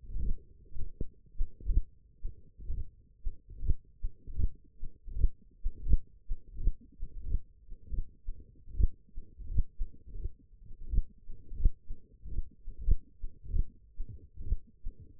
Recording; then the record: forearm muscle sounds (acoustic myography)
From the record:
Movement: hand opening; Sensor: system 1, eight BSWA MPA416 microphones around the upper forearm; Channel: 7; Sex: male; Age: 21 years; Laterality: right